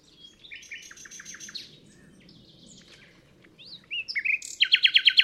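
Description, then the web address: Common nightingale singing varied phrases of chirps, whistles and short rattles, a brief lull, then a loud, quickly repeated run of ringing notes; constant low background rumble. "chant didier collin rossignol philomele"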